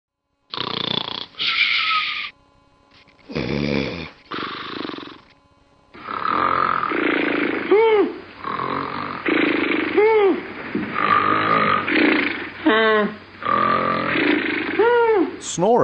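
Loud, rough snoring bursts broken by short silent pauses, then a stretch of harsh, strained snorting breaths with rising and falling tones, from an adult with obstructive sleep apnoea, where throat tissues collapse at night and block the airway, and the sleeper struggles to keep breathing.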